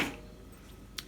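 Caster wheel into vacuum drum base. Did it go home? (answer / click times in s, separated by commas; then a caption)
yes / 1.0 s. A plastic caster wheel is placed into its hole in the base of a wet and dry vacuum drum and pressed down firmly. After a brief rustle at the start and a quiet stretch, a single sharp click sounds at 1.0 s as the wheel seats into the base.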